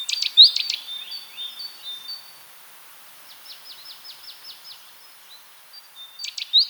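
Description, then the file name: Great tit calls: sharp clicks and thin whistled notes, then a soft series of evenly spaced buzzy notes, before loud clicks return. "Parus major"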